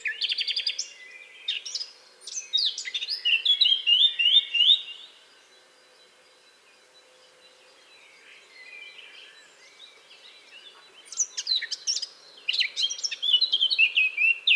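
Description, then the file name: Eurasian blackcap warbled song in two bursts of fast, varied notes, separated by several seconds of much quieter sound. "Sylvia atricapilla"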